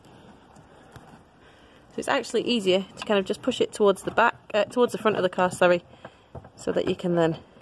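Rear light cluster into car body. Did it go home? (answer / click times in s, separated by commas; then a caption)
no / none. A rear light cluster on a Mk5 VW Polo is moved and lined up in its opening in the car body before being pushed forward into place, with a faint tap near 1.0 s. Someone talks from about 2 s onward. Nothing has seated or clicked yet.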